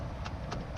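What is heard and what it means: The new CV axle's inner joint is being tapped into the transmission differential of a 2006–2012 Toyota RAV4, with the axle replaced because of a clicking noise or broken boot. Short, sharp tapping blows land at about 0.3, 0.5 and 0.8 seconds over a steady low rumble. Nothing has seated or locked into place yet.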